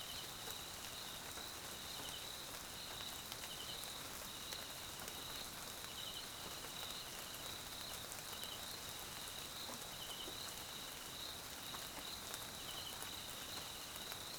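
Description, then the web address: Crickets keeping up a high, even trill with intermittent rapid chirp bursts, half-masked by steady rain and frequent raindrop ticks. South African crickets, background ambience at night in rain, Mkhaya jungle, Swaziland. "Tonschliff - SOUTH AFRICAN CRICKETS BG Swaziland Mkhaya Jungle Night Rain"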